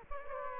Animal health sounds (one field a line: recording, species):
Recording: mosquito wingbeat signal from an infrared sensor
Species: Aedes aegypti